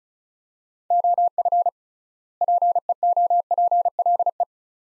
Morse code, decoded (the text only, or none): OF PEOPLE